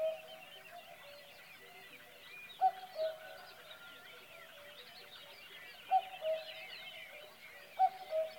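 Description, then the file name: Cuckoo calling a falling two-note cu-coo a few times at uneven gaps over a busy background of twittering songbirds. "minutes of cuckoos"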